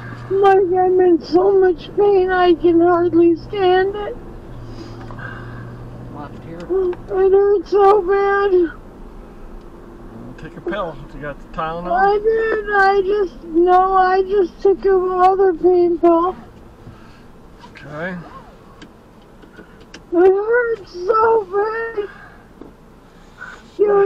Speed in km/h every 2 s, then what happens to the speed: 29, 40, 47, 48, 45, 40, 35, 21, 11, 0, 0, 0.
0-4 speeds up to 47. 4-17 brakes to 0. 17-24 standing.